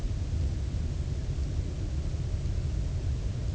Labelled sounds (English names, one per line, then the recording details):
none
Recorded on Arctic tundra, site UTQI-0, on 23 June 2018
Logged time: 06:00